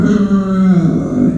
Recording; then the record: squeal of a Yucatan mini pig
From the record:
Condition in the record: after surgery on the right vocal fold (resection and tissue-engineered implant); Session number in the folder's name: 6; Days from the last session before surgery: 40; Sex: female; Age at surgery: 19 weeks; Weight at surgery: 25 kg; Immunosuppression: prednisolone